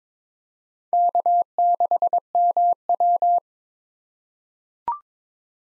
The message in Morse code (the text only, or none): K6MW